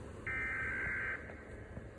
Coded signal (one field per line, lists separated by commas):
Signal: Emergency Alert System (SAME) tones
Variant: header bursts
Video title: Rating EAS Alarms (Part 16)